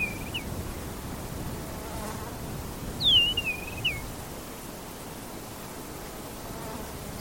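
Bird giving a thin whistled call that drops sharply then wavers and dips, heard once in full with partial calls at the start and end, over steady low rumbling noise.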